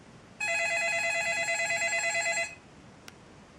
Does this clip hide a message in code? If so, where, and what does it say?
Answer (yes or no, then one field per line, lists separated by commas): no